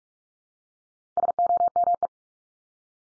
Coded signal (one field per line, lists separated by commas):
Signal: Morse code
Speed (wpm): 44 wpm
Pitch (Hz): 700 Hz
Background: none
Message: SOME